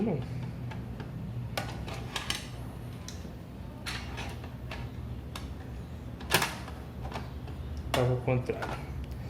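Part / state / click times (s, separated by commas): component or connector fitted into the power supply enclosure / not seated / none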